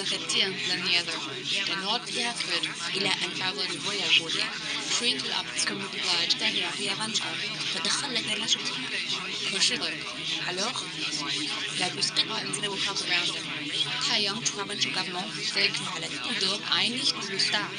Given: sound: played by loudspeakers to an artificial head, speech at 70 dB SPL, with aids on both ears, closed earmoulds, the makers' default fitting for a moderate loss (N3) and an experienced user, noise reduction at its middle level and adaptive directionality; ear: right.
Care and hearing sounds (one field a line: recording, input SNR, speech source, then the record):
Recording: speech test signal (ISTS) in cocktail-party noise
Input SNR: -3 dB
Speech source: on the right (90 degrees)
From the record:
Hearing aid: class 2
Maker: A